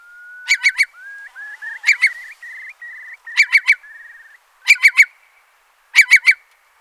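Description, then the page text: Eurasian curlew calls: a long rising whistle, then short upslurred whistled notes, interrupted several times by loud sharp triple clicks. "Eurasian Curlew Calls. Quick Sounds"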